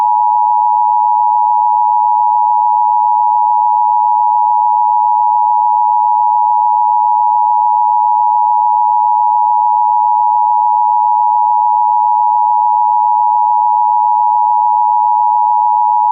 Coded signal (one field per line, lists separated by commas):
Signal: Emergency Alert System (SAME) tones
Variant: 853 and 960 Hz attention tone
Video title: EAS Yellow Warning Of Wind & Rain (EAS #11)